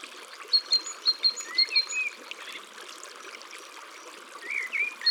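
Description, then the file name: Great tit song: a quick run of repeated high two-note phrases, then a short burst near the end, with softer chirps of other birds over steady rushing water. Countryside setting. "Mesange charbonniere Chants doiseaux dans la campagne"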